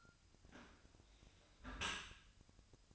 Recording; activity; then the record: daily activity, microphone in the room; close dishwasher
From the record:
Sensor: 2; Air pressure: 1002.9 hPa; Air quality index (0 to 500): 200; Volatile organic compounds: 6 ppm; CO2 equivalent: 1896 ppm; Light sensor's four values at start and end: 17/40/17/19 and 17/40/17/19